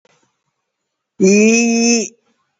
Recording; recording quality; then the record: sustained vowel as in beet; excellent, no background noise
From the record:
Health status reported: COVID-19 positive, mild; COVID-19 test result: positive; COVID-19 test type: RT-PCR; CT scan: not taken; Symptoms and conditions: cough, fatigue, hypertension, diabetes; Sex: female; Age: 78 years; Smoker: no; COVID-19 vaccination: one dose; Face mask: worn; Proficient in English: yes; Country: India